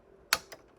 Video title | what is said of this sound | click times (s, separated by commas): Xbox 360 E stuck tray repair step by step DIY | then it'll just like Snap in place | 0.3 s